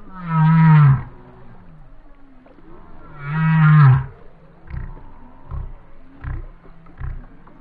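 Whale song: two deep moans with bright harmonics a few seconds apart, then a run of short low pulsed grunts.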